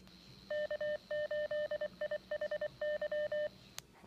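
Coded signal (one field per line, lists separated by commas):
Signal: Morse code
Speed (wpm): 23 wpm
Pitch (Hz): 600 Hz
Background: none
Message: K8IHY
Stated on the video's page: Grand Rapids area repeater idents, plus weather radio station.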